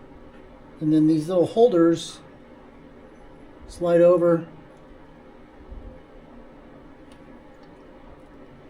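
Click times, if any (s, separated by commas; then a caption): none. Someone talks while small retaining holders are slid over the throttle linkage pivot on the 32/36 DFAV carburetor being installed on a 1979 Fiat Spider 124, with the pivot points lubed. Between the bursts of speech there is only quiet room noise and a faint low bump near 5.7 seconds. The clip is still handling: the holders have not yet snapped into place.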